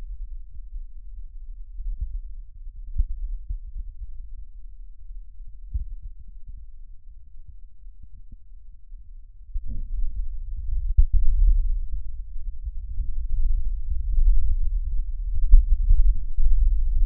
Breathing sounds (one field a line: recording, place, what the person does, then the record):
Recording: lung sounds by stethoscope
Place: right posterior basal chest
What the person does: quiet breathing, then deep breathing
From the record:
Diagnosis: COPD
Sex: male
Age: 70 years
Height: 163 cm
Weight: 64.6 kg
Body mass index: 24.3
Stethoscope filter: bell mode